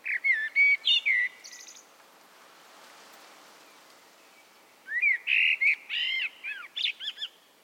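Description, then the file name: Common blackbird song in two phrases of fluted, looping notes with high twittering, separated by a stretch of soft hissing background noise. "Turdus merula"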